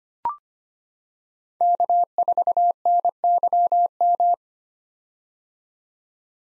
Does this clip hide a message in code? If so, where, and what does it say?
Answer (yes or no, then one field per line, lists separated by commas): yes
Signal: Morse code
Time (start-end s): 1.6-4.3 s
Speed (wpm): 25 wpm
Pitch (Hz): 700 Hz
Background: none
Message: K4NYM